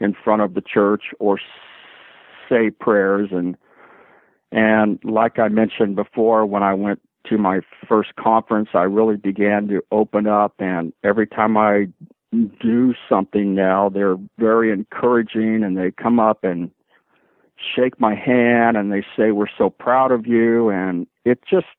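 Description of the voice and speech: Adult man who stutters, speaking with occasional stretched sounds and silent blocks before words, fitting mild stuttering.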